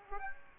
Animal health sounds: mosquito wingbeat signal from an infrared sensor; Aedes aegypti

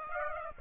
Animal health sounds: mosquito wingbeat signal from an infrared sensor; Aedes aegypti

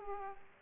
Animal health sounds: mosquito wingbeat signal from an infrared sensor; Aedes aegypti

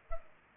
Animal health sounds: mosquito wingbeat signal from an infrared sensor; Culex pipiens

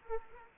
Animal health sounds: mosquito wingbeat signal from an infrared sensor; Anopheles arabiensis

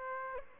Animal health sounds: mosquito wingbeat signal from an infrared sensor; Aedes aegypti

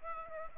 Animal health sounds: mosquito wingbeat signal from an infrared sensor; Aedes aegypti

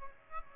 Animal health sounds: mosquito wingbeat signal from an infrared sensor; Aedes aegypti

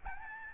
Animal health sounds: mosquito wingbeat signal from an infrared sensor; Aedes albopictus

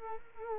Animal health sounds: mosquito wingbeat signal from an infrared sensor; Culex quinquefasciatus

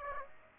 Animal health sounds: mosquito wingbeat signal from an infrared sensor; Aedes aegypti

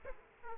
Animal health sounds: mosquito wingbeat signal from an infrared sensor; Aedes aegypti

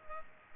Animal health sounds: mosquito wingbeat signal from an infrared sensor; Culex pipiens

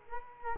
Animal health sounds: mosquito wingbeat signal from an infrared sensor; Culex quinquefasciatus

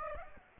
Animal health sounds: mosquito wingbeat signal from an infrared sensor; Aedes aegypti

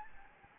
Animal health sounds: mosquito wingbeat signal from an infrared sensor; Anopheles gambiae

